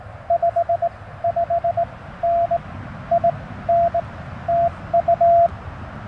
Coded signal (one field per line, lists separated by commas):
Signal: Morse code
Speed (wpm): 19 wpm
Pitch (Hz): 680 Hz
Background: radio noise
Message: 5 5 N I N TU